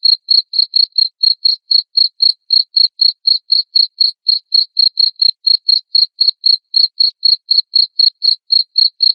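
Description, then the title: Cricket chirping: continuous high, sharp pulses repeated around four times per second for the whole stretch, clean and steady. Loud chirping of a cricket, played to stimulate lovebirds into continuous singing. "Suara JANGKRIK NGERIK Keras Bikin LOVEBIRD Jadi NGEKEK Terus Vubey"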